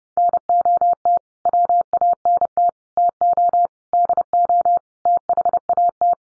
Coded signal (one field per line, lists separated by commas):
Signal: Morse code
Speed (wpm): 28 wpm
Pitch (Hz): 700 Hz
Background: none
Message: NOT WANT TO DO THAT